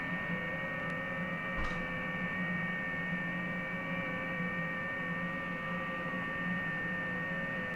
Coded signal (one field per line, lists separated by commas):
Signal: FT8